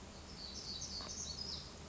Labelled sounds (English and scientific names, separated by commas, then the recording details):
Black-throated Gray Warbler (Setophaga nigrescens)
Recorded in Sonoma County, California